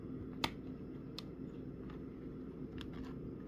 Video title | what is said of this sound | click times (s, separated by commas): Stinky Whirlpool Dishwasher Pump Replacement FAIL - Attempt to Fix Dishwasher Turned into a Disaster | Amazing. Snap right in. | 0.4 s